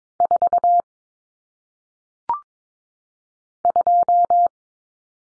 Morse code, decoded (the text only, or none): 4 2